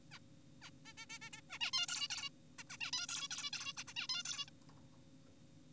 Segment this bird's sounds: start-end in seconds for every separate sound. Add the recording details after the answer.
0.12-0.19, 0.62-0.70, 0.86-0.93, 0.98-1.06, 1.10-1.19, 1.22-1.30, 1.33-1.41, 1.50-1.59, 1.61-1.71, 1.74-1.86, 1.88-2.08, 2.10-2.30, 2.59-2.63, 2.70-2.77, 2.81-2.91, 2.93-3.06, 3.09-3.28, 3.31-3.50, 3.53-3.73, 3.77-3.84, 3.88-3.93, 3.96-4.07, 4.10-4.23, 4.26-4.45, 4.48-4.50. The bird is an adult. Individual g4p5U